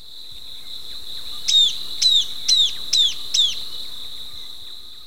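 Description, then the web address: Southern beardless-tyrannulet singing a short run of five thin, slightly descending whistles in quick even succession, with constant shrill insect buzz behind. Recorded in Ecuador. "Birds of Ecuador Southern Beardless-Tyrannulet"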